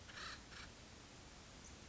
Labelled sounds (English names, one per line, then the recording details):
Acorn Woodpecker
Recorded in Sonoma County, California